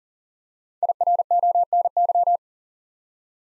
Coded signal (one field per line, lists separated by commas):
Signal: Morse code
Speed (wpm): 40 wpm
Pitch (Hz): 700 Hz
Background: none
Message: IRONY